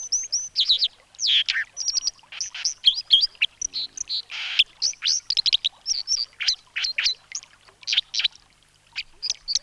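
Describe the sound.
Dipper singing a long, busy warble of short high chirps, sharp clicks and buzzy notes, delivered in quick bursts with brief gaps throughout.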